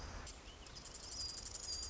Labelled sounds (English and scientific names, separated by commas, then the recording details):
Marsh Wren (Cistothorus palustris)
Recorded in Sonoma County, California